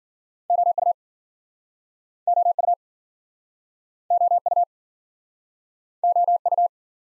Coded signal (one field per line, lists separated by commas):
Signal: Morse code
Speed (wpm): 52 wpm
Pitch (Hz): 700 Hz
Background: none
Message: OU OU OU OU